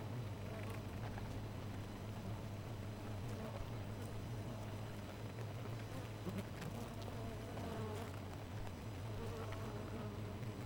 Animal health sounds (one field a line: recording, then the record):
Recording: honeybee colony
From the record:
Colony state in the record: missing queen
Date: 14 July 2017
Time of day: 4:00